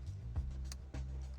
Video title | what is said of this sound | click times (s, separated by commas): 6.0 LS Mustang Aluminum Custom Gauge Panel - Plus Paint Projects Galore! | there's one click | 0.7 s